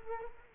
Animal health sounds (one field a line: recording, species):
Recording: mosquito wingbeat signal from an infrared sensor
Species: Culex quinquefasciatus